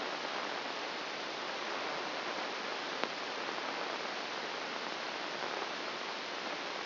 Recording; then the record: brain microelectrode recording played as sound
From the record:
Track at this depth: inside the subthalamic nucleus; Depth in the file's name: 2.004 mm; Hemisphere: left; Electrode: 1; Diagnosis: Parkinson's disease